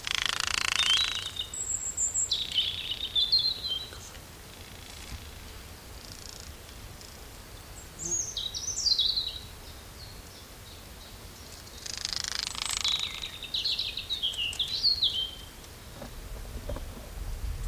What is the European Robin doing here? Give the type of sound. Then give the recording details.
song. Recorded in the wild. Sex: male. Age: adult. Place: Buckow (Märkische Schweiz), Märkische Schweiz, Brandenburg, DE. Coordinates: 52.5536, 14.0725. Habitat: forest. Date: 1988-04-16 13:57. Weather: 22,3 -27,2°C. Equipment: Sony WM-D6C, Sony ECM-939 LT, Kopie 19 cm. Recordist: Tembrock, Günter